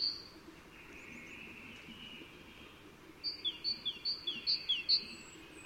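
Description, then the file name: Great tit with a short burst of several sharp, high double notes near the end, after a quiet stretch. "Parus major"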